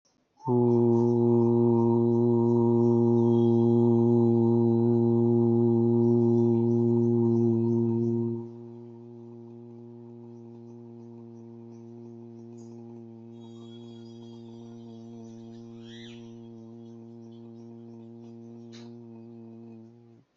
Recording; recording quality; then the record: sustained vowel as in boot; excellent, no background noise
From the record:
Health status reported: healthy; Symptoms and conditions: hypertension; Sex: male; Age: 47 years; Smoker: not ticked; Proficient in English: yes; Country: India